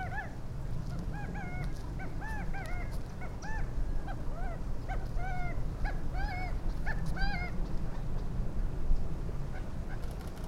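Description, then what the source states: Gambel's quail calls: short, slurred, nasal notes given in quick bursts by several birds, over a steady low rumble. Recorded at the Salton Sea on 9 October 2011.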